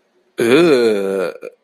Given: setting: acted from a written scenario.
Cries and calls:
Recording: vocal sound without words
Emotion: contempt

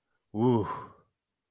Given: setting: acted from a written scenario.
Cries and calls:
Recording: vocal sound without words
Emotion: relief

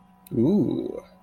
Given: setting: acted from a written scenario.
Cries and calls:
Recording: vocal sound without words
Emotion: romantic love

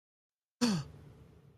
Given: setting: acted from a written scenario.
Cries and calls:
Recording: vocal sound without words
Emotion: awe

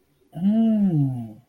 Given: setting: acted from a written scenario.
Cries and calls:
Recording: vocal sound without words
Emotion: contempt

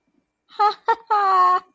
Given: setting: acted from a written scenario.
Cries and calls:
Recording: vocal sound without words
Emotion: triumph

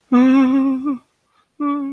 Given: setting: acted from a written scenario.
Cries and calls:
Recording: vocal sound without words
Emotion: fear

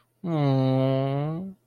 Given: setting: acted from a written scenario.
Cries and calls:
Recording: vocal sound without words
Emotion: sympathy

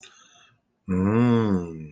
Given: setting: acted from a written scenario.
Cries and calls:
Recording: vocal sound without words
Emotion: awe

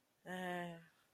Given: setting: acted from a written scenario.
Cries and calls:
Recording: vocal sound without words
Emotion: romantic love

